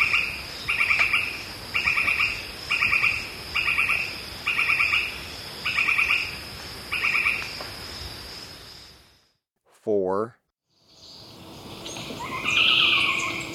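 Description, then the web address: Northern White-crowned Tapaculo calls in short rapid bursts about once a second, then a pause and a few other brief sounds. Ecuador. "Birds of Ecuador 3-01 Northern White-Crowned Tapaculo"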